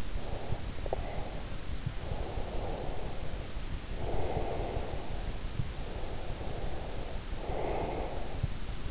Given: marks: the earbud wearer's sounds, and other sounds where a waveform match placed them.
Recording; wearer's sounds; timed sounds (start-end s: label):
sounds in sleep by an in-ear microphone; breath
0.13-3.55 s: breath
3.84-8.91 s: breath